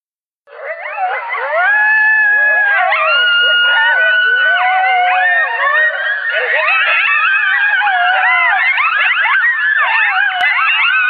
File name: Coyote